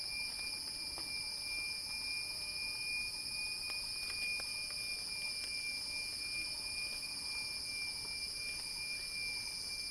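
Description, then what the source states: Cicada chorus droning without pause, shrill and even, accompanied by a steady pure tone and occasional soft ticks. Cicada song building in a crescendo.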